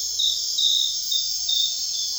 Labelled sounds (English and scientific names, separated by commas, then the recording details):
none
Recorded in secondary vegetation near Puerto Asís, Putumayo, Colombia, on 22 June 2025 at 00:00
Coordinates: 0.498, -76.327
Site GP09